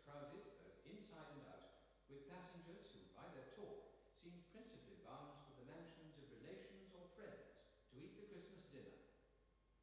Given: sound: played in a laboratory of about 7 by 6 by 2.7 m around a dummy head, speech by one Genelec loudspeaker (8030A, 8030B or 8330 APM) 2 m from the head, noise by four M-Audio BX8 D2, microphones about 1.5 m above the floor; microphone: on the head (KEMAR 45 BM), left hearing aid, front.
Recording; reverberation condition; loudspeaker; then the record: male speech in English; high; 30 degrees to the right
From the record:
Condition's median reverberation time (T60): about 1300 ms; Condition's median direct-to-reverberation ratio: about -4.0 dB